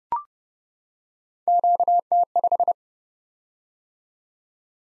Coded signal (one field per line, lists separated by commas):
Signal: Morse code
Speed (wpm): 30 wpm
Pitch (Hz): 700 Hz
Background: none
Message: QT5